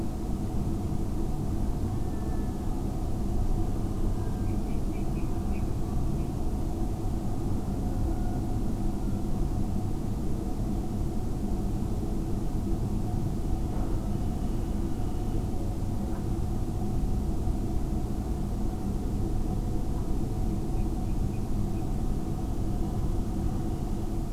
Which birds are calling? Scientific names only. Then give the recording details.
Rallus aquaticus. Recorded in France